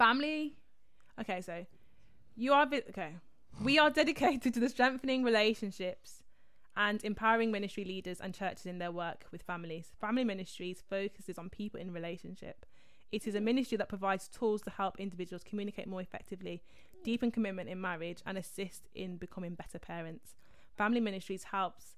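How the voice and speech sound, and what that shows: An adult woman reads aloud at an even pace in a clear, steady voice; her speech is ordinary and fluent.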